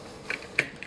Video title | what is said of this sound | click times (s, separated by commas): Toy Review: Master Made Titan (Mobile City Mega Series) | go ahead and it clicks in place again | 0.6 s